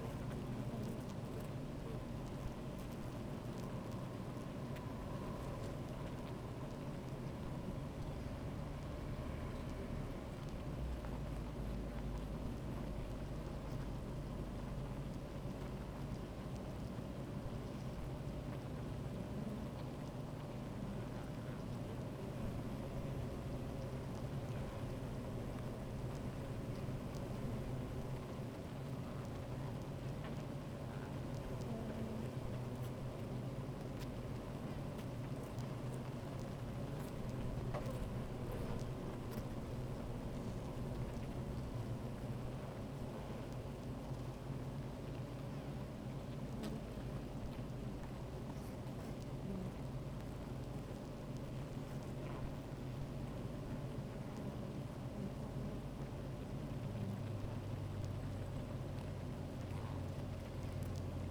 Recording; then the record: honeybee colony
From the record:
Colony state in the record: active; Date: 28 July 2017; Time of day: 13:23